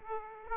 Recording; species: mosquito wingbeat signal from an infrared sensor; Aedes aegypti